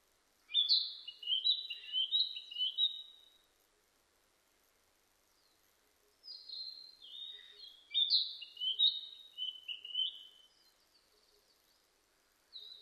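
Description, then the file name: Narcissus flycatcher song in separate bursts: tumbling high whistled and chirped phrases lasting about three to five seconds each, separated by quiet pauses, with another burst beginning at the close. Recorded 25 April 2006; Japanese name kibitaki. "060425 kibitaki"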